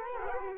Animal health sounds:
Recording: mosquito wingbeat signal from an infrared sensor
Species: Culex quinquefasciatus

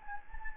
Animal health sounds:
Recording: mosquito wingbeat signal from an infrared sensor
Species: Anopheles gambiae

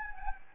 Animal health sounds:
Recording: mosquito wingbeat signal from an infrared sensor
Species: Anopheles gambiae

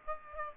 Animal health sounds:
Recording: mosquito wingbeat signal from an infrared sensor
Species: Aedes aegypti

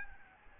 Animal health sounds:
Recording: mosquito wingbeat signal from an infrared sensor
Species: Aedes albopictus

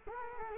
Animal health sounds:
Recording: mosquito wingbeat signal from an infrared sensor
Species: Culex quinquefasciatus

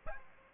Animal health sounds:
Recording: mosquito wingbeat signal from an infrared sensor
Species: Aedes aegypti

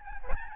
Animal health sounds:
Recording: mosquito wingbeat signal from an infrared sensor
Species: Aedes albopictus

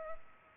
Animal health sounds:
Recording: mosquito wingbeat signal from an infrared sensor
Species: Culex pipiens

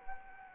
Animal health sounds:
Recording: mosquito wingbeat signal from an infrared sensor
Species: Anopheles arabiensis

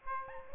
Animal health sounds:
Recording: mosquito wingbeat signal from an infrared sensor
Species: Aedes albopictus

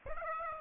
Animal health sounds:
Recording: mosquito wingbeat signal from an infrared sensor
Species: Aedes aegypti

